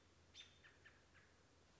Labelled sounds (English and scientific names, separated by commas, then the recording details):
American Robin (Turdus migratorius)
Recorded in Sonoma County, California